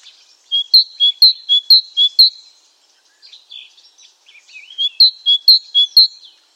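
Great tit song: bright two-note phrases, a lower note then a higher one, repeated rapidly four times, a pause with soft twitters, then another run of phrases.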